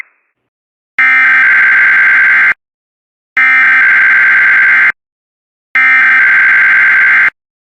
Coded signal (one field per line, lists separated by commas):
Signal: Emergency Alert System (SAME) tones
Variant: header bursts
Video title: Some Flash Flood Warnings & Weeklies From 10/27/2022